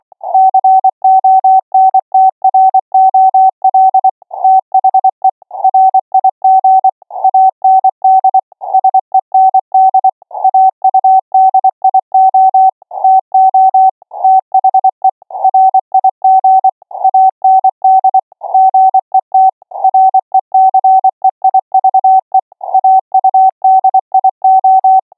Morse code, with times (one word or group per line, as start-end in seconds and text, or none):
0.3-4.1 CONTROL
4.4-5.3 THE
5.6-6.9 RIG
7.2-8.4 AND
8.7-10.1 SEND
10.4-12.7 AUDIO
13.0-13.9 TO
14.2-15.1 THE
15.4-16.7 RIG
17.0-18.2 AND
18.5-19.5 GET
19.8-22.4 RECEIVE
22.7-25.0 AUDIO